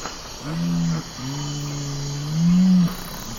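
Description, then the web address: Nocturnal curassow giving deep, resonant hooting notes: one short low hum followed by a long drawn-out boom that rises slightly and strengthens at the finish. Ecuador. "Birds of Ecuador Nocturnal Curassow"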